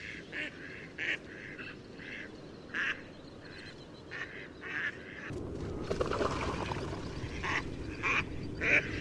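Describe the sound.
Mallard: duck quacks, short and nasal, come irregularly throughout, while a louder rushing noise starts midway and continues to the end.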